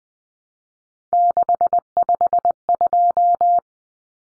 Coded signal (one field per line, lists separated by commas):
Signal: Morse code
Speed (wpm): 20 wpm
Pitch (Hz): 700 Hz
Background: none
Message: 652